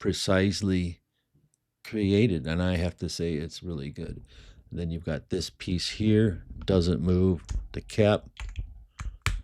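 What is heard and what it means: Someone talks while handling a perfume bottle, then puts the plastic cap back on over the spray pump. The cap snaps on with a sharp click at 9.3 seconds, seating in place, and it can go on any way round.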